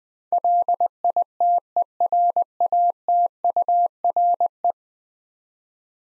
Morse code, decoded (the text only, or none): LITERATURE